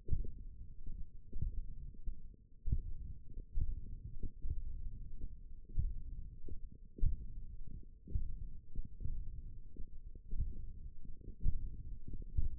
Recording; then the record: forearm muscle sounds (acoustic myography)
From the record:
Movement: finger pinch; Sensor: system 1, eight BSWA MPA416 microphones around the upper forearm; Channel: 4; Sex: male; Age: 21 years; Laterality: right